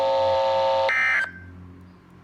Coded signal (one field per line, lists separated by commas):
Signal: Emergency Alert System (SAME) tones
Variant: end-of-message bursts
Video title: Thunderstorm warning (ogle County) (EAS #2)